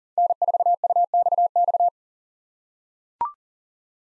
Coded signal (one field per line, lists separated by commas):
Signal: Morse code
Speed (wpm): 40 wpm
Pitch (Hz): 700 Hz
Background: none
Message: N4UXX